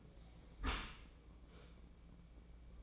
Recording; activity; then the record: daily activity, microphone in the room; close dishwasher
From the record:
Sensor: 1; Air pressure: 1012.4 hPa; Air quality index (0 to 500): 171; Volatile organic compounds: 3 ppm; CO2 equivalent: 1398 ppm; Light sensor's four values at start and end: 346/780/349/382 and 346/782/349/383